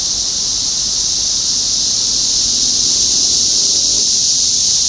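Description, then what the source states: Cicada chorus, a continuous shrill hiss-like buzz with no pauses, even in loudness from start to finish. Topeka, Kansas, 14 June 2015.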